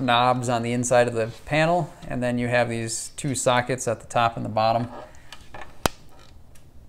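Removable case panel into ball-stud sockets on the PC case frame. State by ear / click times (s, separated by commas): seated / 5.9 s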